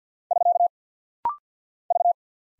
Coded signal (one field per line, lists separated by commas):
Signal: Morse code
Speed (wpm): 50 wpm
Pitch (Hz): 700 Hz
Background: none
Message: <SK> V